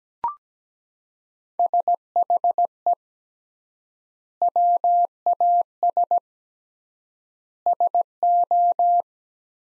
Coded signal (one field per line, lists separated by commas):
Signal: Morse code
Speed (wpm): 17 wpm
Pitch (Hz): 700 Hz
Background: none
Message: SHE WAS SO